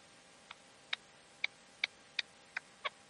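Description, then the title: Partridge or tinamou giving single sharp clucks, crisp and repeated at a steady pace. "Canto de Perdiz. CANTO DE LA PERDIZ"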